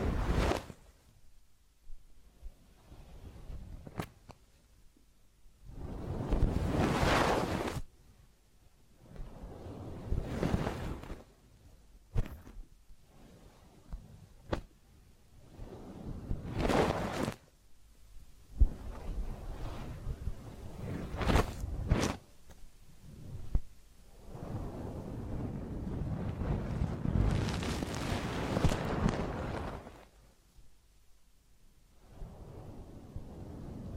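Massage and ear cleaning sounds come in separate bursts of rubbing and brushing, each lasting one to three seconds, with short sharp scrapes and taps between them. Near the end a longer, denser stretch of rustling builds, then fades to quiet pauses.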